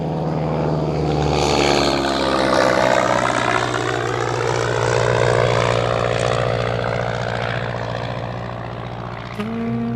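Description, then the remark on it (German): A propeller airplane drones steadily as it takes off and climbs away into gusty air under a blue sky, its engine pitch sweeping and slowly fading over about ten seconds, with no voices. “Ich sah ihn einsteigen und sah dann der Maschine nach, wie sie sich langsam in die böige Luft bohrte und im blauen Himmel verschwand.”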